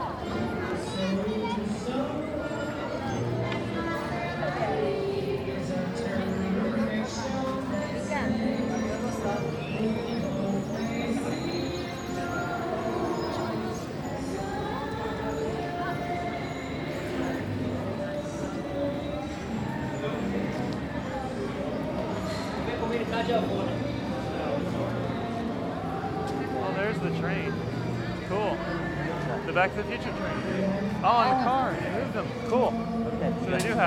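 Crowd noise at the Universal Studios Florida theme park, with many overlapping voices talking at once in a steady, dense murmur. A few brighter snatches of speech and higher voices stand out near the end, and the overall level stays even throughout.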